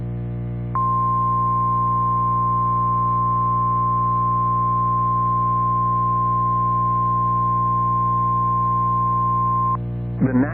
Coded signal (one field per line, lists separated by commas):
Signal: Emergency Alert System (SAME) tones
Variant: 1050 Hz attention tone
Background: music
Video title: Flash Flood Warning on WYES During Antiques Roadshow (EAS 96)